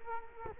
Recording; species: mosquito wingbeat signal from an infrared sensor; Culex quinquefasciatus